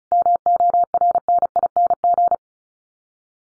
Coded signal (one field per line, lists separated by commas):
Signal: Morse code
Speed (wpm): 34 wpm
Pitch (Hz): 700 Hz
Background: none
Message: MORNING